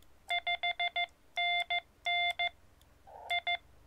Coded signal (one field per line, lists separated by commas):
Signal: Morse code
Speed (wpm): 15 wpm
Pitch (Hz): 2100 Hz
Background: none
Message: 5NN I